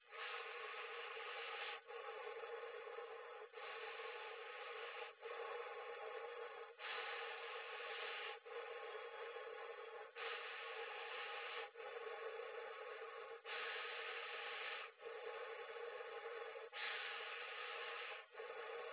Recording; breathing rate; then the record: paced breathing near a phone; 18 breaths a minute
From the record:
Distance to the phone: 20 cm